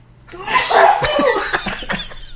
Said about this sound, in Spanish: Un estornudo, gracias.